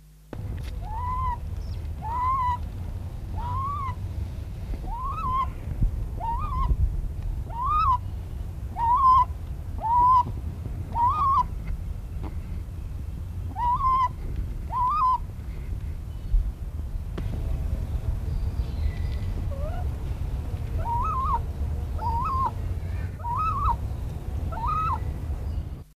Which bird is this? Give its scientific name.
Polemaetus bellicosus